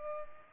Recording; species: mosquito wingbeat signal from an infrared sensor; Culex pipiens